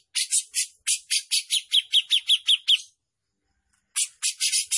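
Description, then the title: Grey-cheeked bulbul song: a fast series of about a dozen raspy notes with a clear tonal edge, a pause, then more chattering. Gacor bird, in continuous lively song, described as mewah mbeset ngepik. "Cucak Jenggot Gacor, Mewah Mbeset Ngepik"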